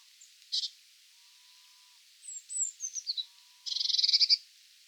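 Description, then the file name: Eurasian blue tit giving a brief buzzy note, then a few thin descending high notes, and finally a rapid rasping churr. "Cyanistes caeruleus"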